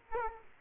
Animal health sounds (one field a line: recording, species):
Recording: mosquito wingbeat signal from an infrared sensor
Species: Aedes aegypti